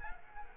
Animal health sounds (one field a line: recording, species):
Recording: mosquito wingbeat signal from an infrared sensor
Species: Culex quinquefasciatus